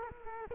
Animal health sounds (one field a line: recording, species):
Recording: mosquito wingbeat signal from an infrared sensor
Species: Culex quinquefasciatus